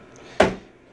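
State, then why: Seated. A memory riser card is slid back into its slot in a computer and pushed on. At 0.4 s it pops into place with a single sharp click that rings briefly and fades within about a quarter second, and the card is seated.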